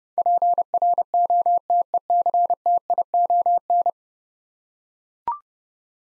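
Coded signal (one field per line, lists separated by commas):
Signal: Morse code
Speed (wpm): 30 wpm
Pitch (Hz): 700 Hz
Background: none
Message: PROTECTION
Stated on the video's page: Morse code head-copy drill of ten-letter words at 30 wpm; each word is sent, spoken, then sent again.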